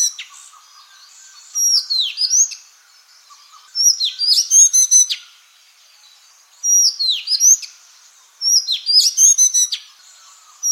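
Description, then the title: Madagascar magpie-robin song: four clear phrases of swooping whistles ending in rapid buzzy trills, each about a second long with brief gaps. "suara burung kacer madagaskar"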